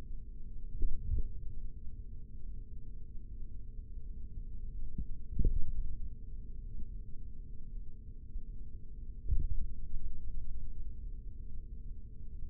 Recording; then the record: forearm muscle sounds (acoustic myography)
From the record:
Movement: finger pinch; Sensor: system 3, bracelet of six PUI Audio POM-2738L microphones around the upper forearm, with dedicated amplification and filtering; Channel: 3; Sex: male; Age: 56 years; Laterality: right